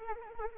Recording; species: mosquito wingbeat signal from an infrared sensor; Anopheles arabiensis